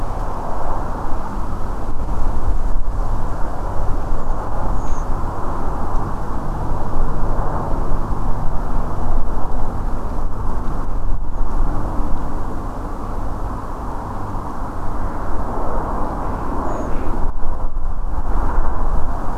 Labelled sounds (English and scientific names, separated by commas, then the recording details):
Redwing (Turdus iliacus)
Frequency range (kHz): Redwing (Turdus iliacus) 5.9-7.3 kHz
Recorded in France